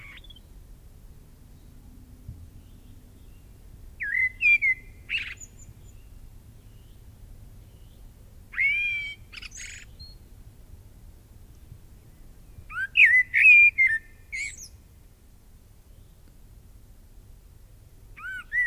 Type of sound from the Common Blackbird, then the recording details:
song. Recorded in the wild. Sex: male. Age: adult. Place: Mark (gemeindefreies Gebiet), Bayern, DE. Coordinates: 49.6414, 10.9478. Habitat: forest. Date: 1964-03-25. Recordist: Tretzel, Erwin. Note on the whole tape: Hintere Mark (gemeindefreies Waldgebiet): Männchen: Gesang (Abendgesang)